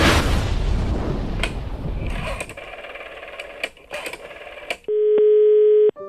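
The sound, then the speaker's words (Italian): A telephone dial tone on a film production's phone, as De Palma calls Pino Donaggio on another continent, sounds as a loud, steady, buzzy hum for about a second, preceded by rumbling noise and a series of sharp clicks, like a receiver being handled. “Alla fine Lito trova un numero di telefono, quasi non sta nel pezzo di carta dove è scritto, dice a De Palma di usare il telefono della produzione per chiamarlo.”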